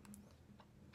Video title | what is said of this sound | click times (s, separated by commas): iPhone XR LCD repair, fast and easy | you can hear it's pop | 0.1 s